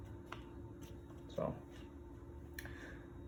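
A wall or frame piece of a game-accessory market stand, with its keys lined up in the baseplate slots, is pushed straight down and snaps onto the baseplate with one sharp, short click at 0.3 s, seating it. Someone talks briefly, and two more short ticks follow around 2.6 s.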